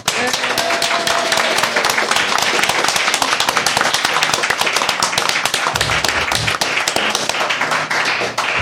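A crowd applauds loudly and steadily, many hands clapping in a dense, continuous patter that holds at full volume for several seconds with a few voices mixed in.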